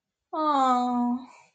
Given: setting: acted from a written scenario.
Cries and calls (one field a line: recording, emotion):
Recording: vocal sound without words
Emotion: disappointment